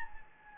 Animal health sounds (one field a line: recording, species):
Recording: mosquito wingbeat signal from an infrared sensor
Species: Anopheles gambiae